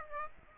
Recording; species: mosquito wingbeat signal from an infrared sensor; Aedes aegypti